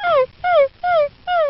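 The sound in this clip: Dog: puppy whimpering, four high, clear descending whines, each about a quarter second long, repeated roughly every 0.4 seconds.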